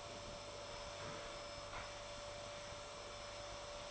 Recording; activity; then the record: daily activity, microphone in the room; vacuum cleaning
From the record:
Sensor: 5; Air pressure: 1007.8 hPa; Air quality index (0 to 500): 95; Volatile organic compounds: 1 ppm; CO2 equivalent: 748 ppm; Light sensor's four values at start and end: 34/79/32/32 and 34/79/32/32